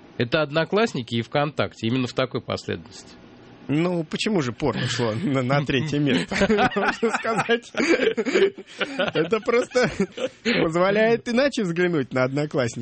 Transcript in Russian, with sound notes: Это «Одноклассники» и «В Контакте», именно в такой последовательности.
Ну, почему же порно ушло на третье место? (все смеются) Это просто позволяет иначе взглянуть на Одноклассники.